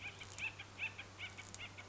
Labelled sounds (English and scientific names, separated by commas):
Acorn Woodpecker (Melanerpes formicivorus)